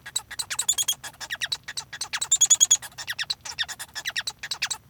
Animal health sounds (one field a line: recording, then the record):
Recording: song of a male Bengalese finch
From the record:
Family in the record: son of father 1